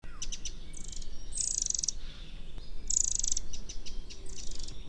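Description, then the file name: Eurasian wren song: very high, fast trilled bursts, including two longer reeling trills among shorter clipped notes, over a steady low rumbling background. "Troglodytes troglodytes"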